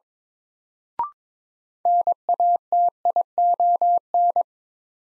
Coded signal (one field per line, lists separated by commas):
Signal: Morse code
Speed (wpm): 22 wpm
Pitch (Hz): 700 Hz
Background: none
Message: NATION